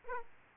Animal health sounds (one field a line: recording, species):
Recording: mosquito wingbeat signal from an infrared sensor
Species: Aedes aegypti